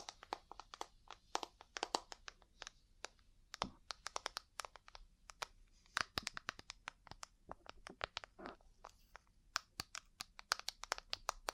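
Ear cleaning and tapping sounds: a dense run of quick, sharp taps and clicks, often several per second and uneven in rhythm, fairly bright in tone. A few heavier, fuller hits land near 3.5, 6 and 8.5 seconds over a faint low rumble.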